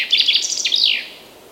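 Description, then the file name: Chaffinch song fragment: a few hurried chirping notes finishing in a swift descending flourish, lasting about a second, with quiet background noise. "Fringilla coelebs"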